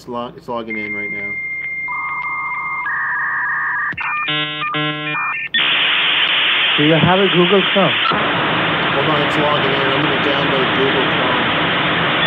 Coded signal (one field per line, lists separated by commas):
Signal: dial-up modem handshake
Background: speech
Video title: Using Dial-up Internet to get $499 & Supremo Pizza from Scammer